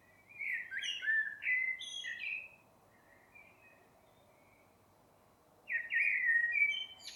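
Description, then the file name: Common blackbird singing varied fluted phrases, a quiet gap with faint notes, then another warbling phrase. "Turdus merula"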